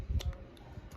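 The side battery/card door of a GoPro Hero 11 action camera is closed over the card slot and snaps shut with a sharp click at 0.2 s. Fainter ticks follow at about 0.3 s and 0.6 s over a low rumble, and the door is seated shut.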